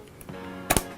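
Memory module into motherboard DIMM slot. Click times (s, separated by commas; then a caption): 0.7 s, 0.8 s. The last memory module is pushed into its DIMM slot on the motherboard of a gaming PC build (Antec DF600 case, Ryzen 7 3700X, RTX 2070 Super) over faint background music. Two sharp snaps of the slot's retaining clip are heard at 0.7 s and 0.8 s, and the stick is fully seated.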